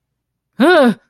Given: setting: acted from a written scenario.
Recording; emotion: vocal sound without words; fear